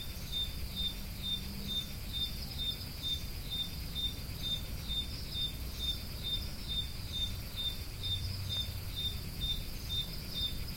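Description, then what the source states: Repeated high cricket chirps, evenly spaced about twice a second, with a pulsing buzz above and a steady low rumble beneath. Recorded at Roodekopjes.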